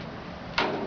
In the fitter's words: pull it back and then you'll feel it popping